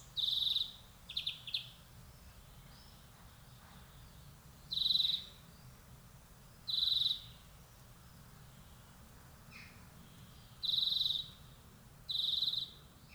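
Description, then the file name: European greenfinch giving short high notes in scattered bursts, some close together and others spaced several seconds apart, against quiet background noise. "Chloris chloris"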